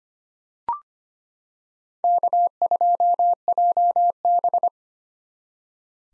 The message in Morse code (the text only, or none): K2JB